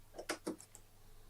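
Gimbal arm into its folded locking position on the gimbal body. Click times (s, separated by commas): 0.3 s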